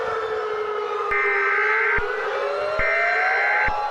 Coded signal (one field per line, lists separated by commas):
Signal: Emergency Alert System (SAME) tones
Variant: header bursts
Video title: EAS Scenario - "Splatter"